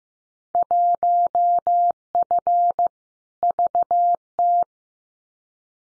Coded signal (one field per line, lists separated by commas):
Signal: Morse code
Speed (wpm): 15 wpm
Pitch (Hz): 700 Hz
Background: none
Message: 1F VT